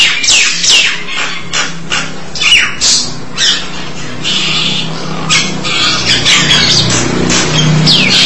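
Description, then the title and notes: Starling song with varied squawks, whistled slurs and scratchy chatter delivered in quick succession, low rumble beneath. "suara burung jalak"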